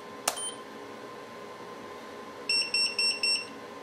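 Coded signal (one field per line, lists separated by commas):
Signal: pager alert tone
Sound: a click, then four quick high-pitched beeps from a pager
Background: quiet room hum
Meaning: Pager received a text page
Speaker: so anyway so let's say d uh testing hello world okay so before I hit enter let me turn it back on to the pager and uh let me hit enter now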